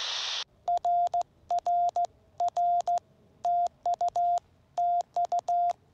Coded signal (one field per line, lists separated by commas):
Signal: Morse code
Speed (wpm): 16 wpm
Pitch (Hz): 700 Hz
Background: radio noise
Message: RR R TU TU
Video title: Morse Code on 2m and Microwave?